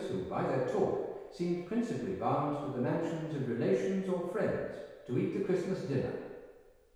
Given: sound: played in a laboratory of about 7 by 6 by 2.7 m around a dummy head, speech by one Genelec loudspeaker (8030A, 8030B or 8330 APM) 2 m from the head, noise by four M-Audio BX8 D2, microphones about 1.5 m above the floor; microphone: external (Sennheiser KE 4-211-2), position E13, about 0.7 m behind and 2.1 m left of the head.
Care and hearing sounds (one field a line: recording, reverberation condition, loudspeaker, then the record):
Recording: male speech in English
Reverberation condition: high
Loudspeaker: 150 degrees to the left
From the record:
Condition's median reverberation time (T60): about 1300 ms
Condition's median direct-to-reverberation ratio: about -4.0 dB